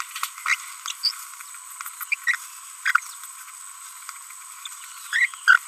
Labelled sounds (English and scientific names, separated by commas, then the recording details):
Green-rumped Parrotlet (Forpus passerinus) babbling
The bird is a female
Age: 30 days
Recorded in a nest box in Venezuela
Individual 17B42B3